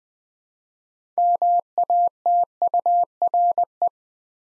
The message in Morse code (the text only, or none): MATURE